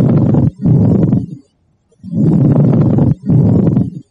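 Two pairs of loud, low, grating creaks, each pair split by a brief gap and separated by a pause, following the in-and-out breath phases of an adult chest heard by stethoscope. This is a pleural friction rub, from inflamed pleural layers rubbing together during breathing.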